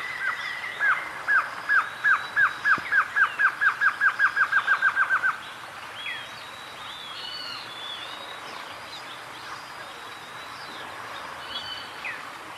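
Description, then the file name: Glossy antshrike song: roughly eighteen clipped nasal notes quickening toward the end, followed by several seconds of soft background chirps from other birds. "Canto do choca dagua"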